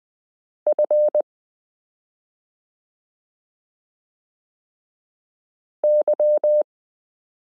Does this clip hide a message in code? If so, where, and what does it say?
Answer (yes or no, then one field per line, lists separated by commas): yes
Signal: Morse code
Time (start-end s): 0.7-6.6 s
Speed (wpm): 20 wpm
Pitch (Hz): 600 Hz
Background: none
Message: F Y